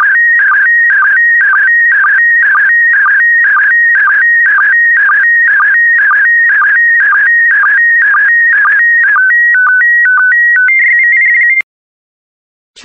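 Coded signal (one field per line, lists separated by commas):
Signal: SSTV (slow-scan television)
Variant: PD120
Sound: warbling tone repeating about twice a second with short low blips, then quick stepping tones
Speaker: Starting transmission in 5, 4, 3, 2, 1. Transmission complete. You can now check your decoded image against the picture that is shown on the video.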